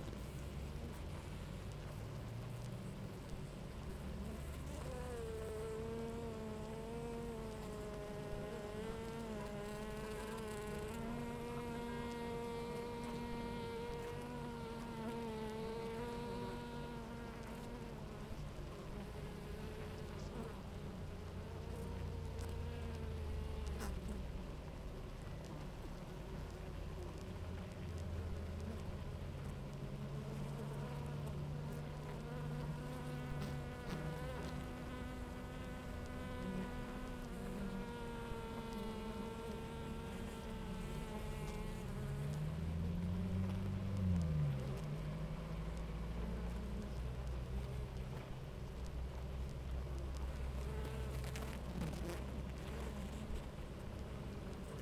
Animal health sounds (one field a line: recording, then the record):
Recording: honeybee colony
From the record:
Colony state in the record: active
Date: 28 July 2017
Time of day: 9:58